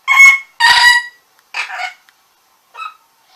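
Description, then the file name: Orange-winged amazon squawking: two loud, rasping, harmonic calls close together, followed by two shorter, softer squawks spaced about a second apart. "venesuelskii amazon"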